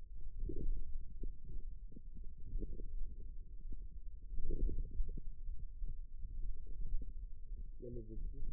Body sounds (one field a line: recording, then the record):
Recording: forearm muscle sounds (acoustic myography)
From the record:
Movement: ulnar deviation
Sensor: system 2, bracelet of six BSWA MPA416 microphones around the upper forearm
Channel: 3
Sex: male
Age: 22 years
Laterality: right